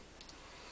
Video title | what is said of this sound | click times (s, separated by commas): how to disassemble clean and reassemble a ruger 10/22 | Just kind of finger it, you know, push down, and it'll usually just click right in there, | 0.2 s, 0.3 s